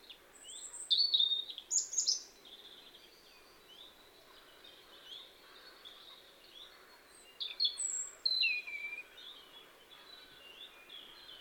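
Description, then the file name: European robin song: thin high warbling phrases with sharp whistles and trills, one burst near the start and another around eight seconds, quiet gaps between. "Erithacus rubecula"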